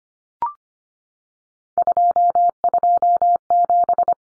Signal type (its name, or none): Morse code